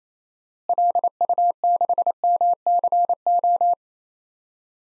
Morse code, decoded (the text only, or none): LU6MCO